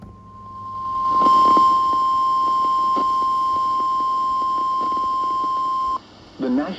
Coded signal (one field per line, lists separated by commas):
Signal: Emergency Alert System (SAME) tones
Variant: 1050 Hz attention tone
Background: speech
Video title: EAS Alerts from July 9th, 2025 [EAS #2,291-2,324]